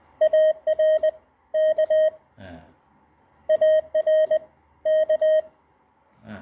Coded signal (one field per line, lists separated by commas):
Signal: Morse code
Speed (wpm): 18 wpm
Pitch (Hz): 620 Hz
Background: none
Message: AR K AR K